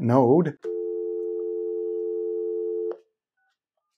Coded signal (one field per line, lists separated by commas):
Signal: telephone call progress tone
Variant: North America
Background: speech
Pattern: dial tone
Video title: Phone Line Simulator Project Update: 2 Phones Working!